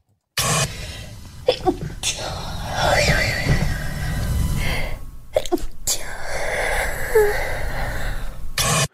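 An adult woman sneezes; the sneeze is held back and not fully let out.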